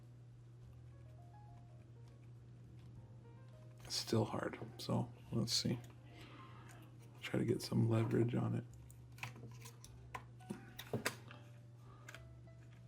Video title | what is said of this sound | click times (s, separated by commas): DRT: DJI Agras Remote Front Shell Module Replacement. | There you go. You can hear it pop. | 11.1 s